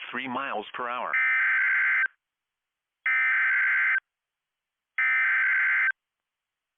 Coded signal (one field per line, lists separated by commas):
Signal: Emergency Alert System (SAME) tones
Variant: header bursts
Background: speech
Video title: EAS - Christmas Chaos